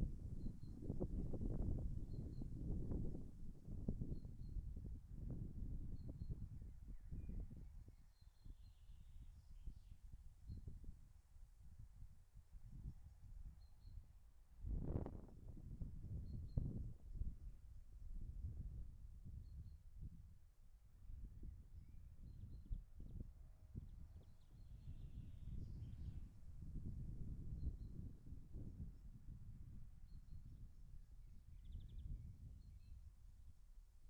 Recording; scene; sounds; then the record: everyday scene through a hearing-aid microphone; wind on the microphone; wind, birds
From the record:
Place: in front of a rural house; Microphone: behind the ear, left, rear